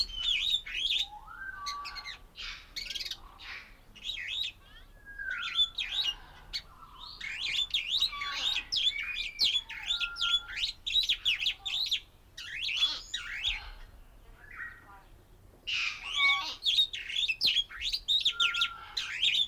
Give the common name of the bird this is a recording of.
Superb Starling